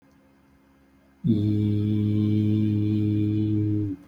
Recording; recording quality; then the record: sustained vowel as in beet; excellent, no background noise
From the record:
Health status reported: healthy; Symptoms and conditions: none ticked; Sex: male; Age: 45 years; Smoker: not ticked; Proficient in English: yes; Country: India